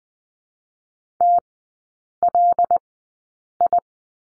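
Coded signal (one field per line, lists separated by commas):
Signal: Morse code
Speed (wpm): 20 wpm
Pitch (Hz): 700 Hz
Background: none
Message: TLI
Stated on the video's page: Morse course lesson on three-character groups with the number 5, Farnsworth speed 20/10 wpm.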